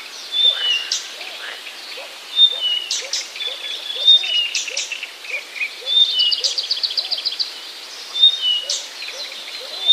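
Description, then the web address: Blyth's reed warbler song of sharp high whistles, harsh notes and a short rattling trill, with a soft low call repeating in the background. "wroblowe kolekcja acrocephalus dumetorum"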